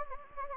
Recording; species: mosquito wingbeat signal from an infrared sensor; Anopheles gambiae